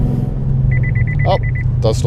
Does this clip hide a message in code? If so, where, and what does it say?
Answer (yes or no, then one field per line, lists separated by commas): no